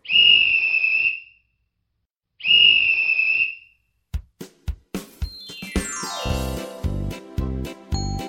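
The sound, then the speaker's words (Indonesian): Two long, shrill whistle blasts during a children's game, each lasting about a second with a short pause between, followed by a run of sharp percussive knocks and a bright, jingly burst of music. “Anak-anak, dengarkan suara peluitnya ya.”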